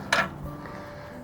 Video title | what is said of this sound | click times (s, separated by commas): 1 UP USA Super Duty Single Black Unboxing and Install on my VW Golf R MK7 Trailer Hitch by EcoHitch | and that locks in the arm so | 0.1 s